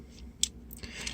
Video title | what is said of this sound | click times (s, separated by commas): Chuck's Reviews Transformers Bumblebee Cyberverse Adventures Dinobots Unite Dino Combiners Slugtron | and to close Megatron back up you want to push the uh chest plate back until it snaps into place | 0.4 s